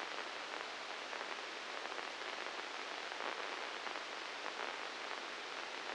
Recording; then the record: brain microelectrode recording played as sound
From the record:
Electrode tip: inside the subthalamic nucleus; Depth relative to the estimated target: -1 mm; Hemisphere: right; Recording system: NeuroSet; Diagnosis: Parkinson's disease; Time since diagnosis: 19 years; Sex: female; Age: 69 years